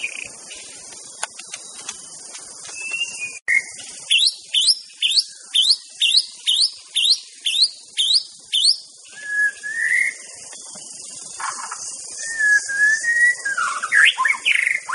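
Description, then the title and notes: White-rumped shama song: a rapid string of sharp, high chipping notes at an even beat, followed by sliding, warbled whistles, with a constant high hiss behind. Song recording used as a lure for trapping (pikat). "MB Pikat Jitu.. Suara Mantap. murai batu"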